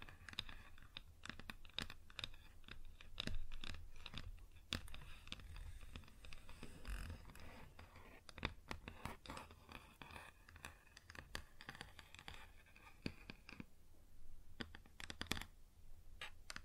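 Fingers tap and scratch on a wooden surface in quick, irregular bursts of sharp clicks over a steady low hum, pausing briefly near fourteen seconds.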